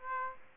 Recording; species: mosquito wingbeat signal from an infrared sensor; Aedes aegypti